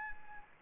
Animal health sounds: mosquito wingbeat signal from an infrared sensor; Anopheles gambiae

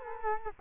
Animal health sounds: mosquito wingbeat signal from an infrared sensor; Culex quinquefasciatus

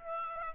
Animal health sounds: mosquito wingbeat signal from an infrared sensor; Aedes aegypti

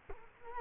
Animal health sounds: mosquito wingbeat signal from an infrared sensor; Culex quinquefasciatus

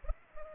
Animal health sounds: mosquito wingbeat signal from an infrared sensor; Culex pipiens

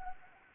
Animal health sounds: mosquito wingbeat signal from an infrared sensor; Anopheles arabiensis

